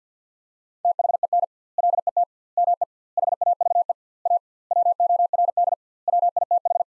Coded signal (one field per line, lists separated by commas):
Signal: Morse code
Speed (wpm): 50 wpm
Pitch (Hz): 700 Hz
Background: none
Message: THEN LET ME HAVE A WORD WITH